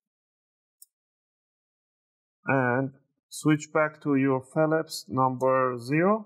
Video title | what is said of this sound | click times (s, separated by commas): How to Repaste and Clean an HP Victus 16 d0507 Laptop | make sure you squeeze them in you want to hear those nice click sounds on the back row | 0.8 s